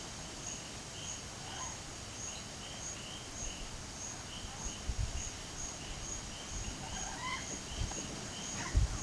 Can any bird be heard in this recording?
yes